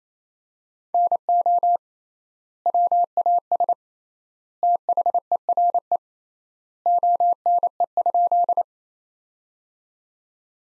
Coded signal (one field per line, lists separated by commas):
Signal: Morse code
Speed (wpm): 28 wpm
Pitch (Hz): 700 Hz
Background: none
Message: NO WAS THERE ONE?